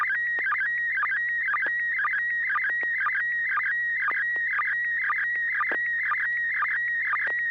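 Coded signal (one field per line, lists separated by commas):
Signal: SSTV (slow-scan television)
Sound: warbling tone around 2 kHz, broken by regular rhythmic low chirps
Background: low hum, radio repeater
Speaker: River City Arc slow scan TV net this net serves for training and practice in image transmission modes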